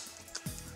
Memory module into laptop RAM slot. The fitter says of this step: It's pushed back in and down until the two clips click into place.